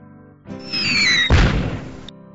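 A firework whistles as it climbs, then bursts with one loud, deep boom that crackles and fades over about a second, a burst of golden fireworks in the night sky outside a window. No voices.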